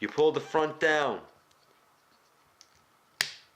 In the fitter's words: you squeeze them together they will click you heard it right there